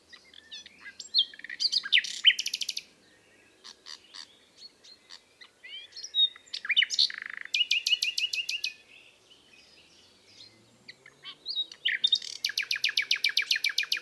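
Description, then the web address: Common nightingale song, bursts of rapid repeated notes and fast trills alternating with short pauses, ending in a long series of quick buzzy repeated strokes. "SETE data Luscinia megarhynchos"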